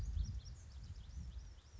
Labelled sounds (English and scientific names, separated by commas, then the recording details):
House Finch (Haemorhous mexicanus)
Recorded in Sonoma County, California